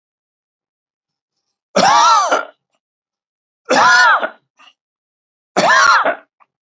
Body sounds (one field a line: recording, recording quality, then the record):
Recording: heavy voluntary cough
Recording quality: excellent, no background noise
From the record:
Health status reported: healthy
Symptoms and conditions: hypertension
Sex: male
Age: 51 years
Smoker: not ticked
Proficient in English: yes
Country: India